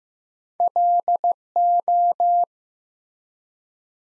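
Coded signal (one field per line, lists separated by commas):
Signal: Morse code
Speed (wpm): 15 wpm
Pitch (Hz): 700 Hz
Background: none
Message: LO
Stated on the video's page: Morse practice at 15 wpm building 3- to 5-letter words one letter at a time, for beginners working on instant character recognition.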